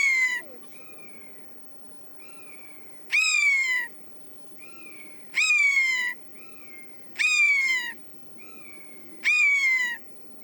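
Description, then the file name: Eurasian jay calling with drawn-out, falling mew notes rich in overtones, with quieter brief notes between them. "Garrulus glandarius"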